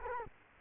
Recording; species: mosquito wingbeat signal from an infrared sensor; Culex quinquefasciatus